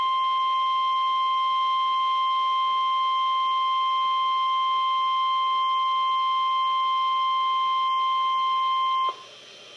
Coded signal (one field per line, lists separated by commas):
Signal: Emergency Alert System (SAME) tones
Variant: 1050 Hz attention tone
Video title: EAS #428 - Flash Flood Warning 6-10-2014